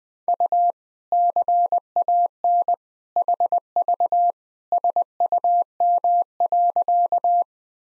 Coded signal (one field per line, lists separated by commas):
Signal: Morse code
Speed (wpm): 21 wpm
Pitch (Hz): 700 Hz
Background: none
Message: U CAN HV SUM.